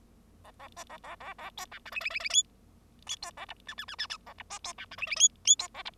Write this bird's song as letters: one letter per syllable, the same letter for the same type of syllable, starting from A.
A A B A A A A C D E F F F F G G C A H I I I I I A H B C D E F F G G C A H